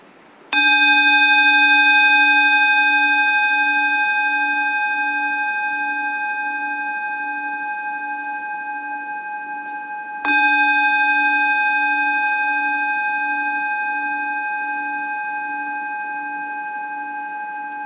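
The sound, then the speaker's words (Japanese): A meditation bell is struck twice during a seated meditation session, about ten seconds apart, each ring a bright, steady metallic tone with layered overtones that sustains and slowly fades, with no talking. “で鐘を鳴らしますので、鐘の音に集中してください。”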